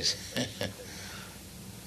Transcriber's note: laughs